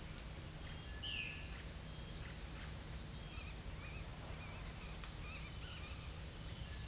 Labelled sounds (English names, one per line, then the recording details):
none
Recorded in pastures near Puerto Asís, Putumayo, Colombia, on 26 December 2024 at 17:30
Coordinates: 0.472, -76.329
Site G072